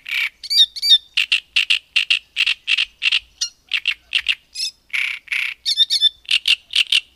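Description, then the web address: Great reed warbler song, steady run of loud grating, croaking notes broken by higher squeaky and whistled phrases, continuous throughout. "Madardalok Nádirigó"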